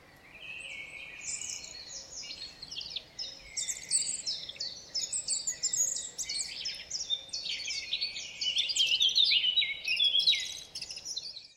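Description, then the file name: Eurasian blackcap singing a long, busy warble of quick scratchy and whistled notes, swelling and fading in loudness over nearly twelve seconds. "Sylvia atricapilla"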